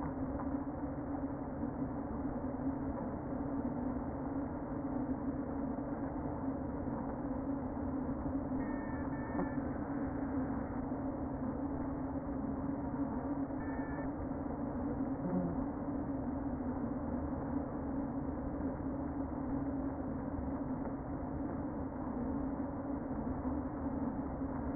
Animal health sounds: honeybee colony, microphone inside the hive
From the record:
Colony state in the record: queen present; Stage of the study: before two queens were removed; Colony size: about 60,000 bees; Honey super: yes

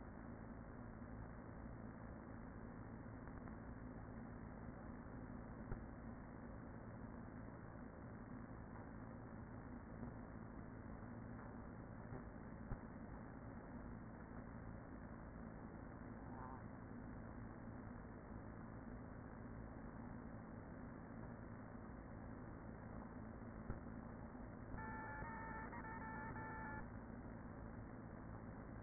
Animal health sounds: honeybee colony, microphone inside the hive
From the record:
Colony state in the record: queen present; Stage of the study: after two queens were removed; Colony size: about 40,000 bees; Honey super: no

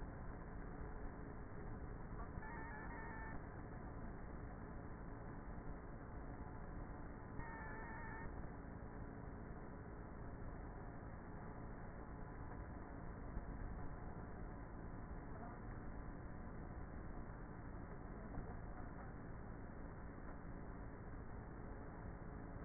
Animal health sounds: honeybee colony, microphone inside the hive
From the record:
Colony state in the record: queenless with a low population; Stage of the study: before two queens were removed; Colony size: about 30,000 bees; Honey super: no

